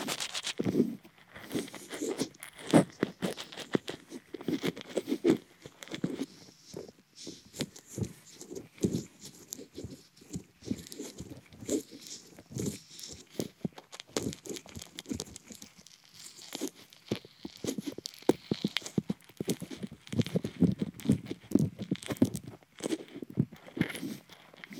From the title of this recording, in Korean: 귀 간지럽히기